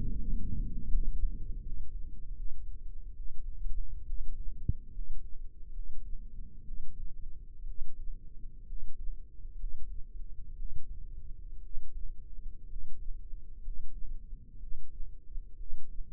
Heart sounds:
heart sounds by microphone in the left ear; 66 bpm
0.09 s: heartbeat
0.85 s: heartbeat
1.58 s: heartbeat
2.32 s: heartbeat
3.13 s: heartbeat
4.03 s: heartbeat
4.89 s: heartbeat
5.69 s: heartbeat
6.62 s: heartbeat
7.64 s: heartbeat
8.63 s: heartbeat
9.54 s: heartbeat
10.53 s: heartbeat
11.59 s: heartbeat
12.64 s: heartbeat
13.59 s: heartbeat
14.56 s: heartbeat
15.54 s: heartbeat
From the record:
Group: healthy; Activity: rest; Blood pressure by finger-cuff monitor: 113/55 mmHg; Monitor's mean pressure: 70 mmHg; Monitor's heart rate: 65 bpm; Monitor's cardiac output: 7.6 L/min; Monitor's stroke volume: 107 mL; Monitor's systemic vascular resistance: 620 dyn s/cm5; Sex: male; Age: 22 years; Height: 185 cm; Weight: 112.4 kg

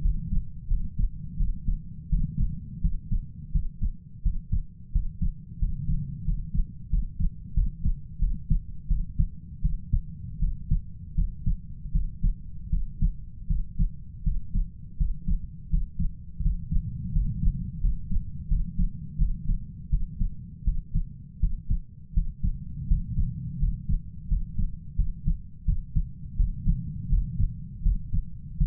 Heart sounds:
heart sounds by stethoscope; 84 bpm
0.02 s: heartbeat
0.68 s: heartbeat
1.37 s: heartbeat
2.09 s: heartbeat
2.81 s: heartbeat
3.52 s: heartbeat
4.22 s: heartbeat
4.92 s: heartbeat
5.59 s: heartbeat
6.25 s: heartbeat
6.90 s: heartbeat
7.54 s: heartbeat
8.19 s: heartbeat
8.88 s: heartbeat
9.62 s: heartbeat
10.39 s: heartbeat
11.15 s: heartbeat
11.92 s: heartbeat
12.70 s: heartbeat
13.47 s: heartbeat
14.24 s: heartbeat
14.97 s: heartbeat
15.70 s: heartbeat
16.42 s: heartbeat
17.12 s: heartbeat
17.81 s: heartbeat
18.48 s: heartbeat
19.18 s: heartbeat
19.90 s: heartbeat
20.64 s: heartbeat
21.40 s: heartbeat
22.14 s: heartbeat
22.87 s: heartbeat
23.59 s: heartbeat
24.28 s: heartbeat
24.96 s: heartbeat
25.65 s: heartbeat
26.36 s: heartbeat
27.09 s: heartbeat
27.83 s: heartbeat
28.58 s: heartbeat
From the record:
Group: healthy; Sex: male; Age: 33 years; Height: 179 cm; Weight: 80.4 kg

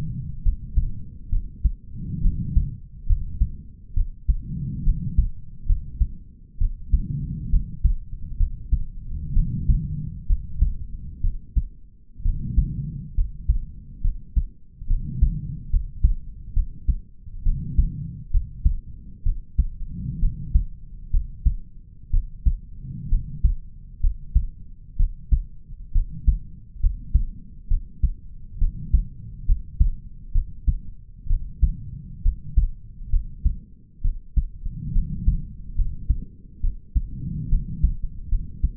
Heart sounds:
heart sounds by stethoscope; 67 bpm
0.43 s: heartbeat
1.30 s: heartbeat
2.22 s: heartbeat
3.07 s: heartbeat
3.94 s: heartbeat
4.84 s: heartbeat
5.66 s: heartbeat
6.58 s: heartbeat
7.50 s: heartbeat
8.37 s: heartbeat
9.33 s: heartbeat
10.27 s: heartbeat
11.21 s: heartbeat
12.22 s: heartbeat
13.15 s: heartbeat
14.01 s: heartbeat
14.87 s: heartbeat
15.70 s: heartbeat
16.53 s: heartbeat
17.43 s: heartbeat
18.31 s: heartbeat
19.23 s: heartbeat
20.20 s: heartbeat
21.11 s: heartbeat
22.11 s: heartbeat
23.09 s: heartbeat
24.00 s: heartbeat
24.96 s: heartbeat
25.92 s: heartbeat
26.80 s: heartbeat
27.68 s: heartbeat
28.58 s: heartbeat
29.46 s: heartbeat
30.32 s: heartbeat
31.27 s: heartbeat
32.22 s: heartbeat
33.10 s: heartbeat
34.02 s: heartbeat
34.92 s: heartbeat
35.75 s: heartbeat
36.61 s: heartbeat
37.49 s: heartbeat
38.29 s: heartbeat
From the record:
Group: healthy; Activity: rest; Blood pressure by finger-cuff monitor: 102/78 mmHg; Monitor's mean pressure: 86 mmHg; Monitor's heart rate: 66 bpm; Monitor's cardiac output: 4.7 L/min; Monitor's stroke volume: 71 mL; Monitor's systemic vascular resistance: 1330 dyn s/cm5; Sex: male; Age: 20 years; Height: 187 cm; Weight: 68.9 kg

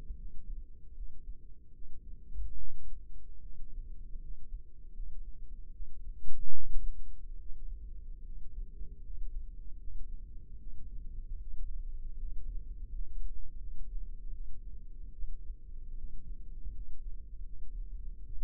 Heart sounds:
heart sounds by microphone in the left ear; 76 bpm
0.16 s: heartbeat
0.93 s: heartbeat
1.72 s: heartbeat
2.57 s: heartbeat
3.41 s: heartbeat
4.19 s: heartbeat
4.93 s: heartbeat
5.71 s: heartbeat
6.53 s: heartbeat
7.38 s: heartbeat
8.23 s: heartbeat
9.02 s: heartbeat
9.78 s: heartbeat
10.58 s: heartbeat
11.39 s: heartbeat
12.18 s: heartbeat
12.89 s: heartbeat
13.58 s: heartbeat
14.32 s: heartbeat
15.11 s: heartbeat
15.95 s: heartbeat
16.72 s: heartbeat
17.44 s: heartbeat
18.24 s: heartbeat
From the record:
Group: healthy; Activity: rest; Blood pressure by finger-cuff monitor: 115/62 mmHg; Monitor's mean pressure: 77 mmHg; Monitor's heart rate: 76 bpm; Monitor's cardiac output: 6.8 L/min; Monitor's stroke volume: 91 mL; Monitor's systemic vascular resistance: 820 dyn s/cm5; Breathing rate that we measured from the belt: 15 breaths a minute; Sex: female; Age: 22 years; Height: 160 cm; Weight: 63 kg

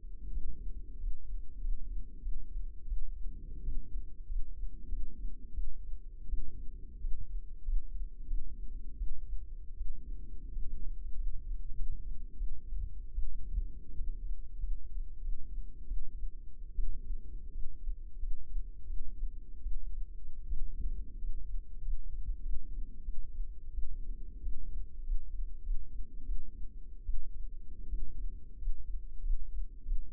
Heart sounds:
heart sounds by microphone in the left ear; 87 bpm
0.29 s: heartbeat
0.97 s: heartbeat
1.59 s: heartbeat
2.19 s: heartbeat
2.84 s: heartbeat
3.60 s: heartbeat
4.25 s: heartbeat
4.87 s: heartbeat
5.51 s: heartbeat
6.26 s: heartbeat
6.98 s: heartbeat
7.62 s: heartbeat
8.25 s: heartbeat
8.95 s: heartbeat
9.74 s: heartbeat
10.49 s: heartbeat
11.13 s: heartbeat
11.73 s: heartbeat
12.34 s: heartbeat
13.11 s: heartbeat
13.92 s: heartbeat
14.58 s: heartbeat
15.19 s: heartbeat
15.84 s: heartbeat
16.72 s: heartbeat
17.49 s: heartbeat
18.17 s: heartbeat
18.84 s: heartbeat
19.59 s: heartbeat
20.45 s: heartbeat
21.16 s: heartbeat
21.80 s: heartbeat
22.40 s: heartbeat
23.01 s: heartbeat
23.71 s: heartbeat
24.39 s: heartbeat
25.01 s: heartbeat
25.61 s: heartbeat
26.22 s: heartbeat
27.02 s: heartbeat
27.86 s: heartbeat
28.56 s: heartbeat
29.20 s: heartbeat
29.82 s: heartbeat
From the record:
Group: healthy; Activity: rest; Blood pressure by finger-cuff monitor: 130/90 mmHg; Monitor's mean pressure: 103 mmHg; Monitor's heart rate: 91 bpm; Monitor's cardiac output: 6.4 L/min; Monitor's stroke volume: 72 mL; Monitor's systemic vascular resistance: 1200 dyn s/cm5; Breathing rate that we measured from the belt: 17 breaths a minute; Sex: male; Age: 21 years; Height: 180 cm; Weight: 67.5 kg

